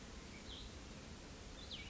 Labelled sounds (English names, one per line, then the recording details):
Cassin's Vireo
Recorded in Sonoma County, California